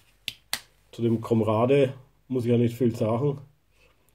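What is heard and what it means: A folding knife blade is opened and snaps into its spring lock with a sharp click at 0.3 s, followed by a second sharp snap at 0.5 s. Then someone talks. The blade is seated in its lock.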